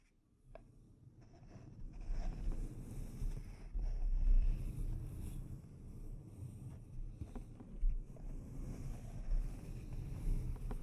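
Delicate scratching and tapping on a microphone begins after a half-second of near silence, then carries on as a steady, low, muffled rubbing. Small sharp taps cut through every second or two, and the scratching swells loudest around the four-second mark.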